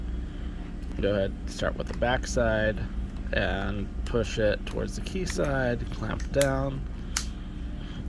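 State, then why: Seated. Someone talks over a low steady hum while the two plastic halves of a replacement key shell for a broken 2008 Honda Accord key are pressed together around the remote circuit board and key blade, back side first and then toward the key blade, and clamped down. A single sharp snap is heard at 7.2 seconds as the shell halves clamp shut and seat.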